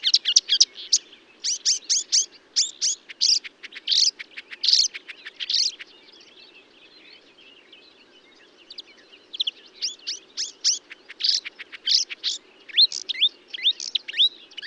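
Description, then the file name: Marsh warbler singing a rapid jumble of sharp, high chirps and slurred notes, pausing briefly midway before resuming the lively, varied stream. Recorded at Bonnevaux on 31 May 2009 at 05:35. "Rousserolle verderolle 0535 25 Bonnevaux"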